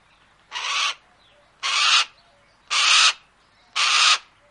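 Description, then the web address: Harris's hawk giving four loud, harsh, rasping screeches, each about half a second long, repeated roughly once a second, with quiet gaps between. "naturelibrary harriss hawk"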